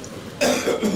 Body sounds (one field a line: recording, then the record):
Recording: coughing mixed with background sound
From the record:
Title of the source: Spring Cold Coughing 3